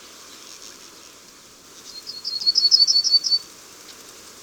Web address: Yellowhammer